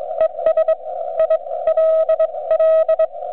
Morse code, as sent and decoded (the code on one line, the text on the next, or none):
. ... / .. .-.. .-..
ES ILL